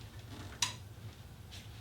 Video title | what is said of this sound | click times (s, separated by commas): Coolant Reservoir - B7 RS4 - B6 S4 - B7 S4 - And More | listen for the click the wires are very exposed be careful okay | 0.6 s